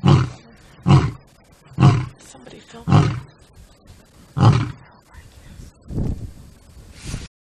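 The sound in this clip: Lion giving a series of deep, short grunting roars, with quieter breathy sounds between them.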